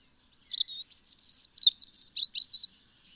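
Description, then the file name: European robin singing one rippling phrase of high, clear notes and quick twittering trills, shifting in pitch from note to note. "Erithacus rubecula"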